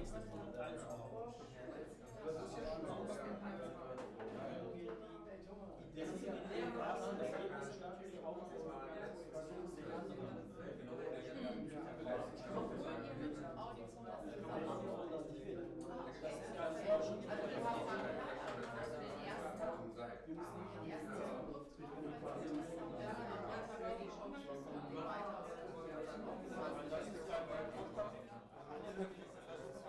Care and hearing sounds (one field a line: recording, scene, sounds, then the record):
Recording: everyday scene through a hearing-aid microphone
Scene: many people talking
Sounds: many voices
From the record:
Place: bistro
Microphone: behind the ear, right, rear